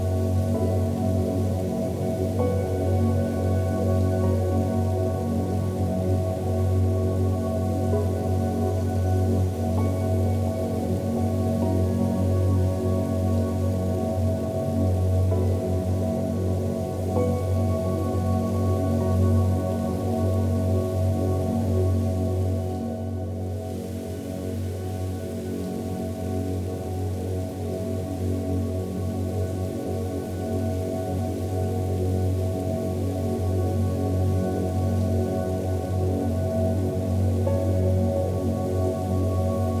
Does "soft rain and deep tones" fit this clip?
yes